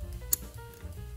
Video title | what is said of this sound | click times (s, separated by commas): Installing a Chevy IGNITION KEY Tumbler | and it locks into place and as | 0.3 s